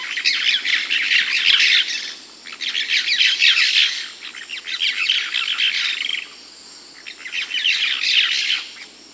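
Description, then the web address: Cobalt-winged parakeets chattering in four dense bursts of shrill, high twittering notes, each lasting about two seconds with brief quieter gaps between. South America. "Natures Songs S America Cobalt-winged Parakeet"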